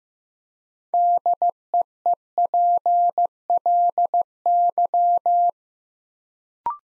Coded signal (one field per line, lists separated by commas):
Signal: Morse code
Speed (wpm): 15 wpm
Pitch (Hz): 700 Hz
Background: none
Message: DEEPLY